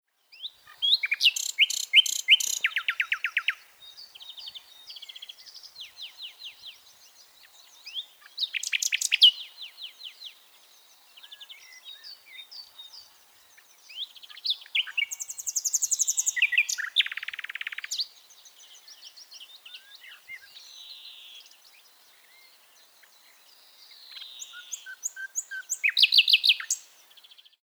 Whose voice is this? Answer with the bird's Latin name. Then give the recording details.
Luscinia megarhynchos. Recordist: Tembrock, Günter. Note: Gesang eines anderen Tieres